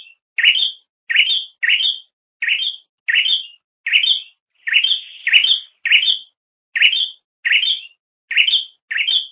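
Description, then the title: Bird chirps steadily, crisp upslurred notes repeated roughly every half to one second, fairly even in loudness throughout. "kikicau"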